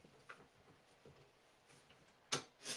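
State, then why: Seated. A hooped zipper hoodie in a plastic embroidery hoop is attached to the embroidery unit carriage arm of a Janome 550e sewing machine. A few faint taps and handling ticks come first, then a sharp click at 2.3 s, followed by a brief broadband rustle. The hoop is seated on the carriage.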